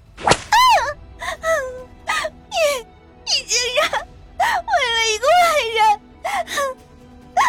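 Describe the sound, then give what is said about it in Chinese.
A single sharp, loud whip lash cracks at the start as a whip strikes a man across the chest, splitting the skin, followed by a long series of strained, pitched gasps, whimpers and pained cries that rise and fall in short bursts. “何峰一点不手软，趁他翻滚着，冲着胸口又是一鞭，皮开肉绽。”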